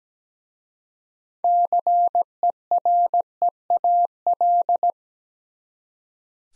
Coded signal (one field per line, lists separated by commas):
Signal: Morse code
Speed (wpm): 17 wpm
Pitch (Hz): 700 Hz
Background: none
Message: CEREAL